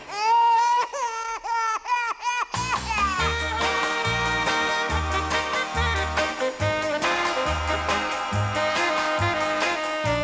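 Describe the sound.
A baby in a cradle wails in a few short, high, wavering bursts, then a band with a thumping bass beat starts up and plays on.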